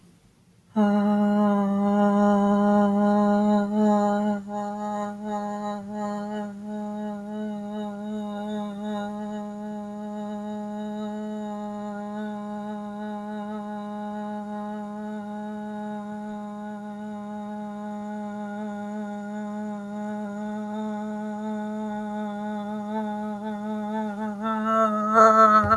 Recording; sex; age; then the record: vowel held as long as possible; male; 20 to 29 years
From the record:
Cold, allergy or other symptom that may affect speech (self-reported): no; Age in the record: 28 years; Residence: New York, United States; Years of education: 16